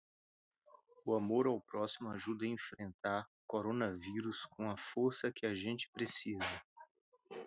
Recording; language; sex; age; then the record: spoken sentence; Brazilian Portuguese; male; 30 to 39 years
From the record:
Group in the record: control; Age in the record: 31 years